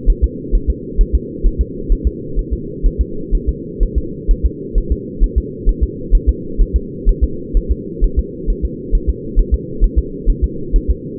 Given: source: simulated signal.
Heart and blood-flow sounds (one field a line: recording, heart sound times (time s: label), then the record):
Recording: fetal heart sounds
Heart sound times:
0.10 s: S1
0.24 s: S2
0.55 s: S1
0.70 s: S2
1.01 s: S1
1.15 s: S2
1.46 s: S1
1.61 s: S2
1.92 s: S1
2.07 s: S2
2.39 s: S1
2.53 s: S2
2.86 s: S1
3.01 s: S2
3.35 s: S1
3.49 s: S2
3.83 s: S1
3.98 s: S2
4.31 s: S1
4.45 s: S2
4.78 s: S1
4.92 s: S2
5.24 s: S1
5.38 s: S2
5.69 s: S1
5.83 s: S2
6.15 s: S1
6.29 s: S2
6.61 s: S1
6.76 s: S2
7.09 s: S1
7.24 s: S2
7.57 s: S1
7.72 s: S2
8.04 s: S1
8.19 s: S2
8.50 s: S1
8.65 s: S2
8.95 s: S1
9.09 s: S2
9.39 s: S1
9.54 s: S2
9.84 s: S1
9.98 s: S2
10.30 s: S1
10.44 s: S2
10.76 s: S1
10.90 s: S2
From the record:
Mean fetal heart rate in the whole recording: 130 bpm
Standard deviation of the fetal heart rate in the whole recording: 4 bpm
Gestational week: 38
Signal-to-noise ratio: -4.3 dB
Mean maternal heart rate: 72 bpm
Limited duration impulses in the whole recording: absent